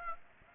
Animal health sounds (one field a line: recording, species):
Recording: mosquito wingbeat signal from an infrared sensor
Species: Aedes aegypti